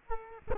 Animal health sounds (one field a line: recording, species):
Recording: mosquito wingbeat signal from an infrared sensor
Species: Culex quinquefasciatus